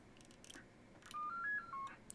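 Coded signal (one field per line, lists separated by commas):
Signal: roger beep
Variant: 7-tone roger beep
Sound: clicks, then a quick melodic run of about five short stepped tones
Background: clicks and hiss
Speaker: now it sounds a lot better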